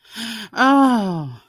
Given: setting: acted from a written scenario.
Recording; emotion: vocal sound without words; awe